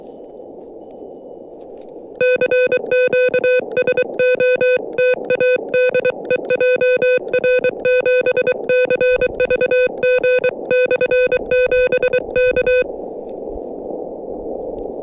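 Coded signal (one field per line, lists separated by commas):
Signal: Morse code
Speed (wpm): 24 wpm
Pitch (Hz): 500 Hz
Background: music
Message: CQ SOTA DE JR7CVG/7 K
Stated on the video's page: Morse from a SOTA summit activation on 40m, 5W QRP from an Elecraft KH1 with whip antenna, sent with an iambic KH1 paddle.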